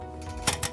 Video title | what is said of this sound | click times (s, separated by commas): Delphi - How to Replace Fuel Filter | good ol rings hear it click | 0.5 s